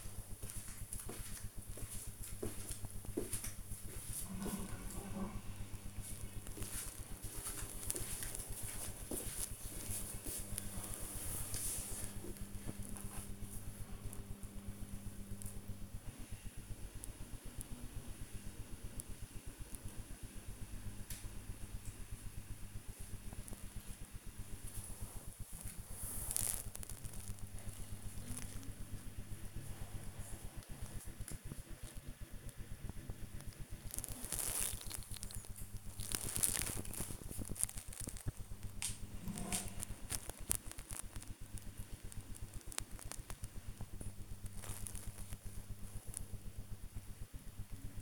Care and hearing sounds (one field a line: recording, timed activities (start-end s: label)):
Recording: household activities, microphone on the right wrist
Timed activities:
0.00-48.02 s: working on the computer